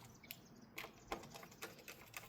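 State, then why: Not seated. After its four front screws are driven in during a battery upgrade, the plastic bottom cover of a Dell G15 5515 Ryzen Edition laptop is handled and pressed down around its edge so its plastic clips can snap into the chassis. A series of light, scattered ticks and taps is heard over a quiet background, with no talking. Nothing has seated or clicked home yet.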